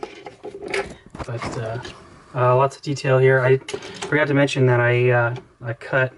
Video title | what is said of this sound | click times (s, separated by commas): My Painted and Custom Transformers Decepticon collection | and they snap right in there | 0.7 s